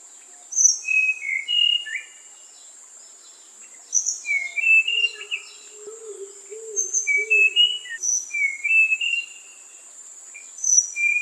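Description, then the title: Bird song in chirpy, twittering phrases with brief pauses, a few lower soft notes midway, and a steady shrill insect buzz throughout. Bird song used for training songbirds. "Masteran Burung"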